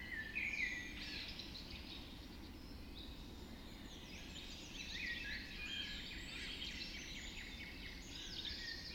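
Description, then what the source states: Birds in a birds: overlapping high whistles and chirps throughout, one brief bright phrase early on, over steady low rumbling background noise. Birds just after dawn in the Forest of Dean.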